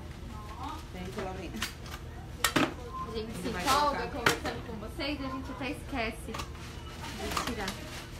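Someone talks while handling a bassinet and removing the adapter from a stroller frame, with sharp knocks around 2.5 seconds and light clattering throughout. The bassinet is meant to click directly onto the stroller frame because it already has its own connecting piece, so no adapter is needed. Nothing has seated or clicked yet by the end of the clip.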